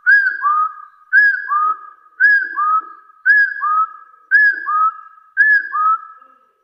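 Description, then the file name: Hill partridge calling with regular paired whistles, an arched high note followed by a lower rising one, roughly once a second. "Tieng ga so nui"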